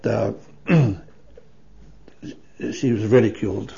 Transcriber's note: coughs